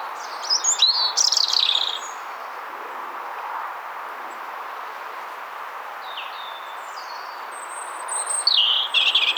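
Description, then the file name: European robin delivering a short, scratchy, high phrase, falling quiet with only faint notes, then closing with thin descending whistles and a twittering flourish over background hiss. "Erithacus rubecula"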